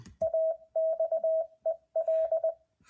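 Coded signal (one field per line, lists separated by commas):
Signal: Morse code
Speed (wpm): 20 wpm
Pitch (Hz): 650 Hz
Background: radio noise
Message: AXEL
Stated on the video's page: Demonstration of a CW trainer emulating Morse Runner and RufzXP.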